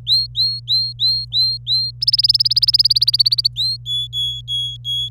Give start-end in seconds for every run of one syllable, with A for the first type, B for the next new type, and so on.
0.07-1.91 A, 2.01-3.48 B, 3.56-3.77 A, 3.85-5.09 C